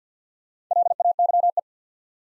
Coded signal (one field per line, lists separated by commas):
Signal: Morse code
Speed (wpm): 48 wpm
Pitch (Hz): 700 Hz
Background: none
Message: LAYE